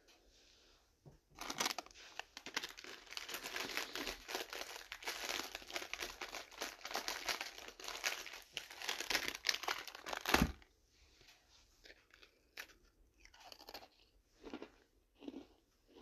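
Someone eats a biscuit, with a dense run of crisp, crackly crunching from about the second second to the tenth, ending in one sharp loud bite. After that the chewing thins into scattered, softer crunches separated by short quiet gaps.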